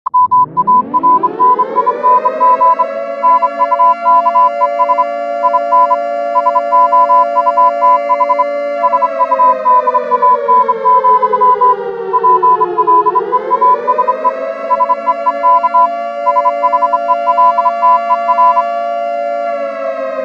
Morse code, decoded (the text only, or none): MARNING NUKES IN SOUTH SUDAN, PLEASE SEEK SHELTER